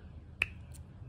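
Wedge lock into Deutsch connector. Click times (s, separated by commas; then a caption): 0.4 s. A plastic wedge lock is dropped into the front of a Deutsch connector with its fingers to the outside, then pushed in, during a Tanis engine preheat install on an RV-10. A single sharp, bright snap sounds at 0.4 s, followed by a faint tick at 0.8 s over a low steady hum. The wedge lock clicks in and is seated.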